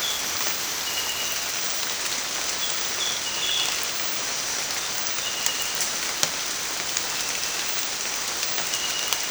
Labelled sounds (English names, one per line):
none